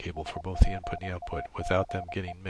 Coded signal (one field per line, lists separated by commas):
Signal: Morse code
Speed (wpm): 25 wpm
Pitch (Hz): 700 Hz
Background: speech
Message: SPACE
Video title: Morse Code QSO over the internet - software setup - config 4 - EhoCW, Reaper, CW REGENERATION